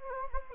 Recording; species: mosquito wingbeat signal from an infrared sensor; Anopheles arabiensis